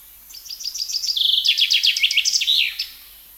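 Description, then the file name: Common chaffinch song, a single rapid phrase of repeated chipping notes that drops in pitch before a short flourish. "Fringilla coelebs"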